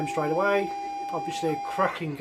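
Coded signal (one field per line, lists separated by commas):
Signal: ZX Spectrum tape loading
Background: speech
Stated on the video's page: ZX Spectrum tape loading sequences from various games, including inventive and odd loading methods.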